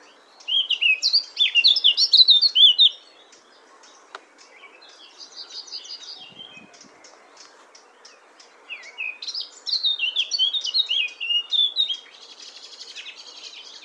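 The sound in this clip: Eurasian blackcap song: three bursts of rich, rapid warbling, each about one and a half to three and a half seconds long, separated by pauses of about two seconds, with a quiet background.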